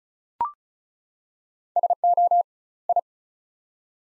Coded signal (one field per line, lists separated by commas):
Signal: Morse code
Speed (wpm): 36 wpm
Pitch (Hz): 700 Hz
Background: none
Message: SO I